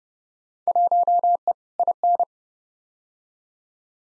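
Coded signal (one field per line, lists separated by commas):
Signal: Morse code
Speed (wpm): 31 wpm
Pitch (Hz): 700 Hz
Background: none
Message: 1E IN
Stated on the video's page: Field Day exchange head-copy drill at 30wpm, each exchange sent in Morse, spoken, then sent again.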